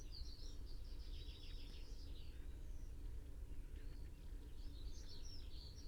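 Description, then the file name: Common chaffinch calls: bursts of short, high chirping notes, clustered at the start and again near the end, over a constant low rumble of background noise. "Fringilla coelebs"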